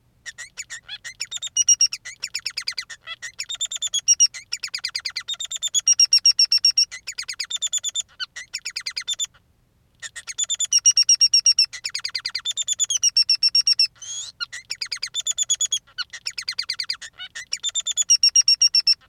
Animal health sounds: song of a male Bengalese finch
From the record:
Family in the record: son of father 3

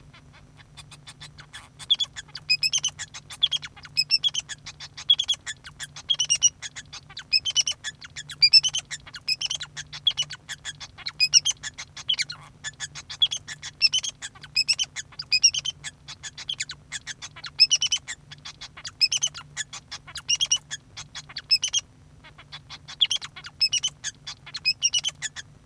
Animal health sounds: song of a male Bengalese finch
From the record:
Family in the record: son of father 2

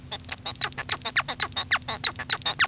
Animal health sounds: song of a male Bengalese finch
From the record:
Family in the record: son of father 1

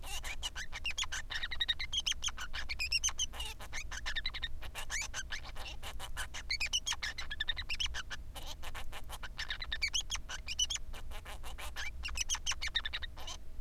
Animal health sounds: song of a male Bengalese finch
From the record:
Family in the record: son of father 3

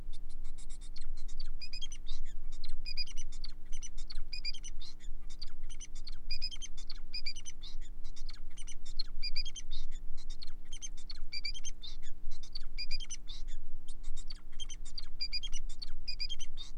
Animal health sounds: song of a male Bengalese finch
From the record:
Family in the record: son of father 4

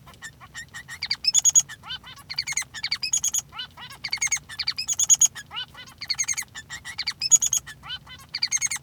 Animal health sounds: song of a male Bengalese finch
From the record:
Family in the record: son of father 3

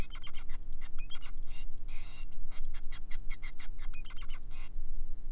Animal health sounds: song of a male Bengalese finch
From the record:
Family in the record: son of father 5

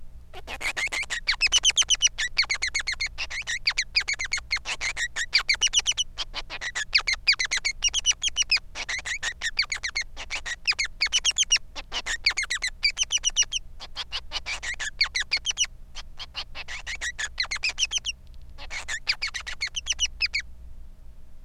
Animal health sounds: song of a male Bengalese finch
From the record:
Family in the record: son of father 3

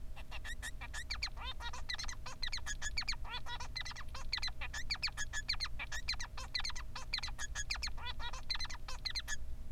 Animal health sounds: song of a male Bengalese finch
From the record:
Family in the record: son of father 3

